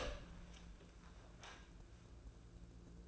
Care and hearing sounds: daily activity, microphone in the room; open door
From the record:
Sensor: 2

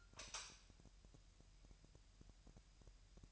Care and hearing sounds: daily activity, microphone in the room; light on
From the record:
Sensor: 2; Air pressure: 1001.8 hPa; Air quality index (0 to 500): 239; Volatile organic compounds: 30 ppm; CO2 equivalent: 2968 ppm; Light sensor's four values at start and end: 4/10/4/4 and 9/24/10/9

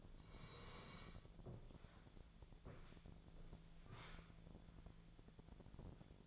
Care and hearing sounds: daily activity, microphone in the room; sit down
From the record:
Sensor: 5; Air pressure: 1000.6 hPa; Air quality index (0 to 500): 144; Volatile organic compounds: 2 ppm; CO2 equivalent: 1122 ppm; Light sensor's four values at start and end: 48/113/47/50 and 48/113/47/50

